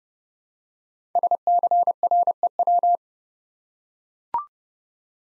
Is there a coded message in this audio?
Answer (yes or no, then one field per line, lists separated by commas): yes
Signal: Morse code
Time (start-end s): 1.2-3.0 s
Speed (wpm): 30 wpm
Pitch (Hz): 700 Hz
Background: none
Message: SCREW